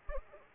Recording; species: mosquito wingbeat signal from an infrared sensor; Culex pipiens